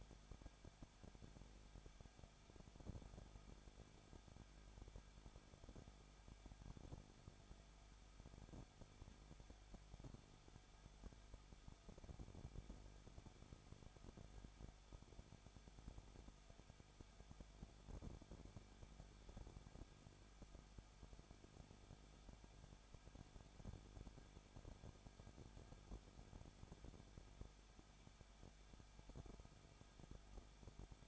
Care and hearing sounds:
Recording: daily activity, microphone in the room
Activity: no activity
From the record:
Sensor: 5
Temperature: 20.9 degrees Celsius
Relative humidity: 35.0%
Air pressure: 994.7 hPa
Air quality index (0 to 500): 154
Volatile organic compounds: 2 ppm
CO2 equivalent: 1284 ppm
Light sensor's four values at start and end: 2/3/1/1 and 2/3/1/1

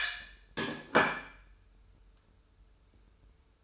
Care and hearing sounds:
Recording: daily activity, microphone in the room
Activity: place plate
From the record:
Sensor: 2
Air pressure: 994.3 hPa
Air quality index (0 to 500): 210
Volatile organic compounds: 1000 ppm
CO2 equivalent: 6917 ppm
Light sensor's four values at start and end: 37/85/37/38 and 38/87/38/38

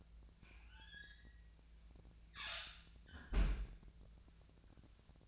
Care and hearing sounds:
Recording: daily activity, microphone in the room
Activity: close fridge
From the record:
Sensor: 2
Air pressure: 1009.5 hPa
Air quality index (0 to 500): 184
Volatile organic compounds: 11 ppm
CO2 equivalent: 2296 ppm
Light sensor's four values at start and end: 26/63/27/30 and 26/63/27/30

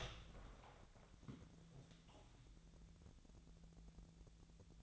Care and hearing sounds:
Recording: daily activity, microphone in the room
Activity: open door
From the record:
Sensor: 3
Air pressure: 1000.5 hPa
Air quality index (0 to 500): 172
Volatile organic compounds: 3 ppm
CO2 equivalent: 1495 ppm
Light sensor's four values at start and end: 13/32/13/14 and 13/32/13/14

